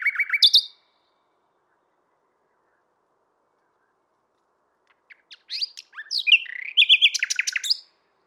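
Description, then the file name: Common nightingale song: a brief bright burst of chirps, a long silence, then a quick run of rattling, buzzy and whistled notes. "Luscinia megarhynchos"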